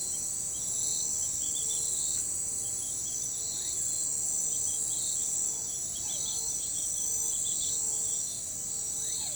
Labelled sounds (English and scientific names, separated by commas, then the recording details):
none
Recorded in forest near Pivijay, Magdalena, Colombia, on 16 April 2023 at 03:00
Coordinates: 10.467, -74.380
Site Z5-G034